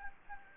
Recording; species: mosquito wingbeat signal from an infrared sensor; Anopheles gambiae